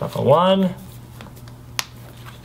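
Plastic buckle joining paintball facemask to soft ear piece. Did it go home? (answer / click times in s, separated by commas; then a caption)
yes / 1.8 s. Someone talks briefly, then the second plastic buckle on the other side, joining a Virtue VIO paintball facemask to its soft ear piece, is snapped closed with a loud, sharp click at 1.8 s. The buckle is seated shut.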